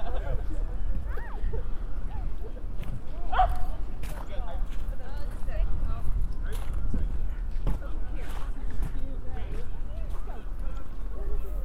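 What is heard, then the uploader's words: Central Park after a snowstorm: steady overlapping chatter of people talking, a low constant rumble underneath, and scattered sharp knocks throughout. A binaural field recording of walking in Central Park after a snow storm. Once I enter the park there are horses, families playing, people talking and eventually me walking in Strawberry Fields covered in 8 inches of snow.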